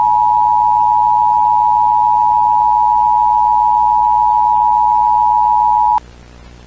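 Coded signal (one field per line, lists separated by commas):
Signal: Emergency Alert System (SAME) tones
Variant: 853 and 960 Hz attention tone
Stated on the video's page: Fictional Emergency Alert System scenario presented as a found tape; nothing depicted really happened.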